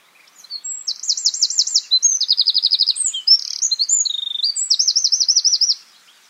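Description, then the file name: Eurasian wren song: a long, high, energetic run of quick trills and rattling phrases, each section a fast series of repeated notes, lasting around five seconds before stopping. "Troglodytes troglodytes"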